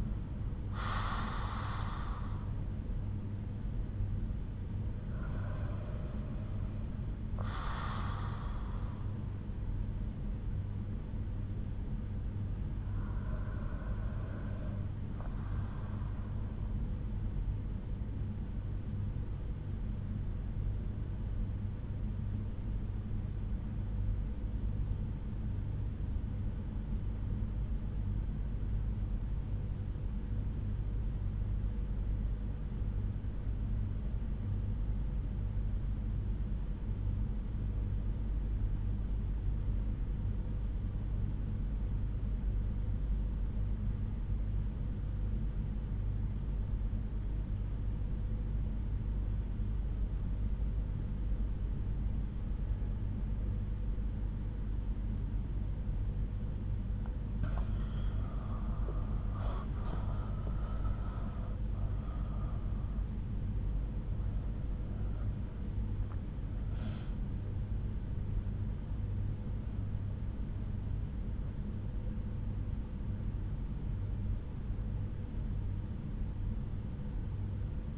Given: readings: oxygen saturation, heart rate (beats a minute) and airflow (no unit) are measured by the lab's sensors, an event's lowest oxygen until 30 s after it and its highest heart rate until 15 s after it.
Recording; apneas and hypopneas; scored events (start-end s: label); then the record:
breathing in sleep by a smartphone at the bedside; 1
27.00-56.10 s: obstructive apnea (REM, oxygen 95% highest, then 85% lowest)
53.00-77.98 s: new sleep stage, N1 (lightest sleep)
From the record:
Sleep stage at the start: REM sleep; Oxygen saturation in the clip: 87 to 95%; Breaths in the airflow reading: 7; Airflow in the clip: -7.4 to 12.0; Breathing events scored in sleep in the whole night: 368 in 8.0 hours asleep